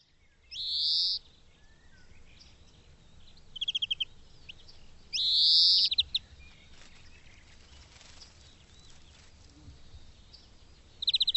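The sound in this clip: Bird sound of two loud, harsh, hissing bursts about five seconds apart, with short high trills between and at the end.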